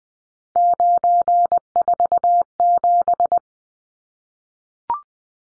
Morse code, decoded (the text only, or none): 947